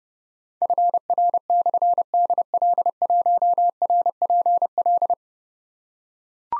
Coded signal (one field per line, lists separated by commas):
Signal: Morse code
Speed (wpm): 28 wpm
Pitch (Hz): 700 Hz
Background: none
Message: FR/DL1RPL